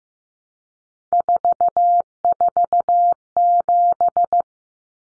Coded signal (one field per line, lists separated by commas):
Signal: Morse code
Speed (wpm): 15 wpm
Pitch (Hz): 700 Hz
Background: none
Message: 447